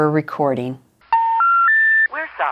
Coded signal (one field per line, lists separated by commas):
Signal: telephone call progress tone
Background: speech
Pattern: special information tone